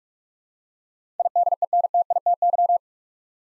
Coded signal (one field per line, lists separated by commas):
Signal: Morse code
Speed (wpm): 44 wpm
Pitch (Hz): 700 Hz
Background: none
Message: IDENTITY